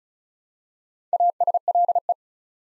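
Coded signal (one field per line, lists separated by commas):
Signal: Morse code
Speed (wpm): 36 wpm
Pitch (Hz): 700 Hz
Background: none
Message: ASLE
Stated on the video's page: Morse practice drill building 6-letter words two letters at a time at 35 wpm, for instant character recognition.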